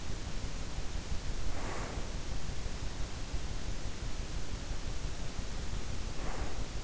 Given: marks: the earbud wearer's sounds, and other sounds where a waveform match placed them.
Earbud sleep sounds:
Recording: sounds in sleep by an in-ear microphone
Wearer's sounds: breath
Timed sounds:
1.36-2.04 s: breath
5.94-6.84 s: breath

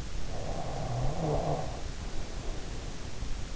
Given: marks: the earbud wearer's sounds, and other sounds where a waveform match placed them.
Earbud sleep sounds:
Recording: sounds in sleep by an in-ear microphone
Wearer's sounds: snoring breath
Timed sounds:
0.30-3.44 s: snoring breath

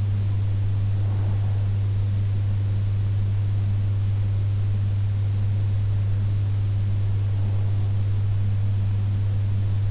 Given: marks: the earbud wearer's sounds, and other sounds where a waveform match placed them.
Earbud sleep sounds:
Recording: sounds in sleep by an in-ear microphone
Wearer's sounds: breath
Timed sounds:
0.00-1.99 s: breath

